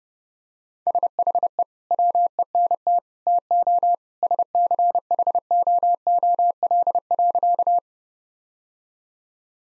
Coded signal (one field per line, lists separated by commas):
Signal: Morse code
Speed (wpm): 29 wpm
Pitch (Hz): 700 Hz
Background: none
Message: SHE WENT TO SCHOOL.